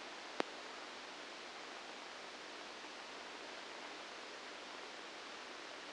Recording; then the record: brain microelectrode recording played as sound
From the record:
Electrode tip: outside the subthalamic nucleus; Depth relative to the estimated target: -8 mm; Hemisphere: right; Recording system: NeuroSet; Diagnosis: Parkinson's disease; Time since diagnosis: 9 years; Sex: female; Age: 51 years